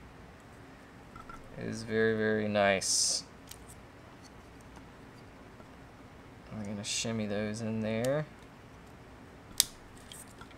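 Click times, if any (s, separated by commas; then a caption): 9.6 s. FPV camera parts are shimmied into the camera mount on an ImpulseRC APEX 6S drone frame while someone talks. After the talking stops, a loud sharp click at 9.6 seconds marks the parts snapping into place, followed by a few faint ticks.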